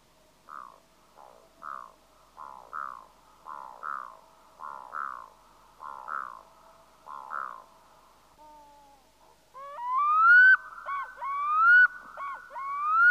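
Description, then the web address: Black-throated loon calls: a run of short hoarse repeated notes, then loud rising wailing phrases with brief breaks between them. Recorded on a family cabin trip in Norway. "family hyttetur -lyd storlom"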